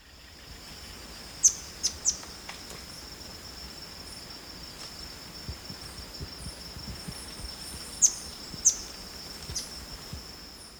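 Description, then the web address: Golden Tanager giving sharp, high chip notes, three near the start and a pair near the end, over a steady high insect whine and soft background hiss. Recorded in Ecuador. "Natures Songs S America Birds of Ecuador. Golden Tanager"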